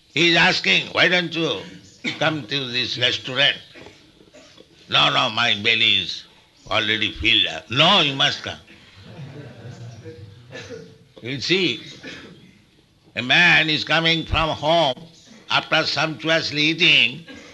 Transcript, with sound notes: He is asking, "Why don't you come to this restaurant?" "No, no, my belly is already filled up." "No, you must come." [laughter] You'll see. A man is coming from home after sumptuously eating,